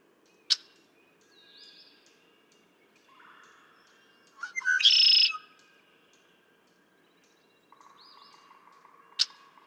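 Red-winged blackbird song, one raspy buzzing trill after brief introductory notes, with sharp clicking chips before and after and soft chattering in the background.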